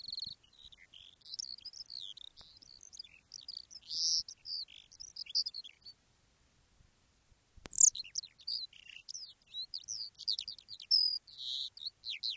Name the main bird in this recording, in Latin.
Alauda arvensis